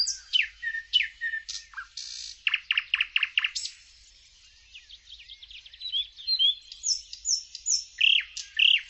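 Bird song with rapid high chirps and repeated downslurred notes, a short lull midway, then more whistled and chirping phrases.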